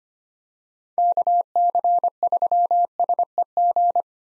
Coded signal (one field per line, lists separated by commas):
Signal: Morse code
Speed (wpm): 25 wpm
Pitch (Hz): 700 Hz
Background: none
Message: KC3SEG